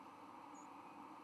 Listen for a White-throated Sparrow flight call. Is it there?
yes